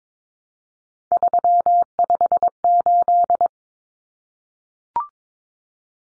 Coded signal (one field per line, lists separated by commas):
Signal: Morse code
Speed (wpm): 22 wpm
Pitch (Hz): 700 Hz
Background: none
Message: 358